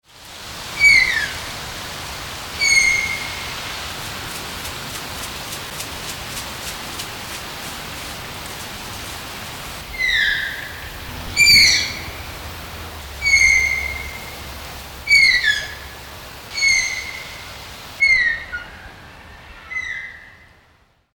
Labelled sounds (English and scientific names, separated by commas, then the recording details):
Brazilian Tapir (Tapirus terrestris)
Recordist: Tembrock, Günter
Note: Langlaute